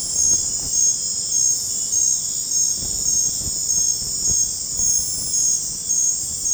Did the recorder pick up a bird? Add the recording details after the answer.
no. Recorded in dense forest near Puerto Asís, Putumayo, Colombia, on 26 December 2024 at 22:30. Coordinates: 0.481, -76.323. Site G100